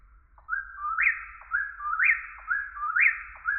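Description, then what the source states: Eastern whip-poor-will giving three full whistled phrases about a second apart, each a brief note, a quick downward dip and an emphatic upward sweep, with a soft low rumble beneath. Recorded in deciduous forest.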